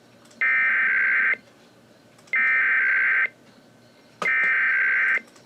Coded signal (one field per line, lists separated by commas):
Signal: Emergency Alert System (SAME) tones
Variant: header bursts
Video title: EAS 2975-2976: Pennsylvania Required Monthly Test for February